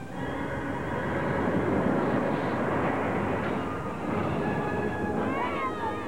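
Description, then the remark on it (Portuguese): The Falcon Zord robot aircraft from Power Rangers lands with a steady, loud, dense engine roar that holds throughout, joined near the end by wavering, whistling electronic tones. “Zord, Falcão está aterrissando. Segurem-se todos!”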